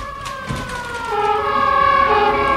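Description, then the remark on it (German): Sirens wail steadily, with sustained tonal harmonics that slowly bend in pitch and swell a little louder over the few seconds. No one speaks. “Was ist das? Sirenen.”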